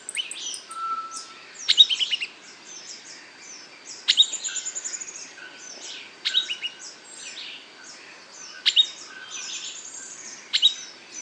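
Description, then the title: Streaked flycatcher song: a sharp, squeaky high phrase repeated about every two seconds, over many thin high chirps and trills. Subspecies solitarius. "LuckyPassaro Completos2Sama. Streaked Flycatcher"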